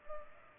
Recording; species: mosquito wingbeat signal from an infrared sensor; Culex pipiens